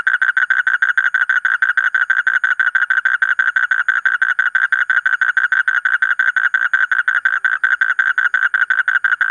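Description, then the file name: Asian common toad giving a continuous pulsed trill of evenly repeated notes, unbroken throughout. "suara kodok bangkong kolong kodok buduk"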